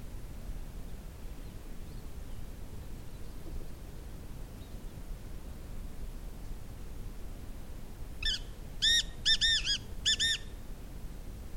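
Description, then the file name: Black francolin giving one call of about five quick notes near the end, after a long stretch of background noise only. "svart frankolin"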